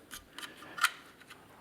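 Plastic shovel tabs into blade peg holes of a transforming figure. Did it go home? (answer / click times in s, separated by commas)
yes / 0.8 s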